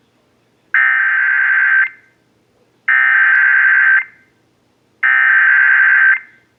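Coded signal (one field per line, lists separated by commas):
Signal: Emergency Alert System (SAME) tones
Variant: header bursts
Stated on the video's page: Severe thunderstorm warning for Dallas, Ellis, Henderson and Kaufman Counties, aired on WBAP-FM.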